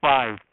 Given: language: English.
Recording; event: throat vibration sensor signal played as sound; speech